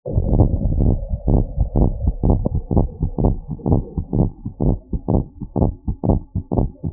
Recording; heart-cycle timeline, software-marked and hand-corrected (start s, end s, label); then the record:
heart sounds
0.00	0.32	systole
0.32	0.48	S2
0.48	0.78	diastole
0.78	0.94	S1
0.94	1.30	systole
1.30	1.44	S2
1.44	1.78	diastole
1.78	1.92	S1
1.92	2.26	systole
2.26	2.40	S2
2.40	2.76	diastole
2.76	2.90	S1
2.90	3.24	systole
3.24	3.36	S2
3.36	3.68	diastole
3.68	3.82	S1
3.82	4.18	systole
4.18	4.30	S2
4.30	4.66	diastole
4.66	4.76	S1
4.76	5.10	systole
5.10	5.22	S2
5.22	5.62	diastole
5.62	5.72	S1
5.72	6.08	systole
6.08	6.20	S2
6.20	6.56	diastole
6.56	6.68	S1
6.68	6.93	systole
From the record:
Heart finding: abnormal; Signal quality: good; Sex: female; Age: 73 years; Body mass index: 36.6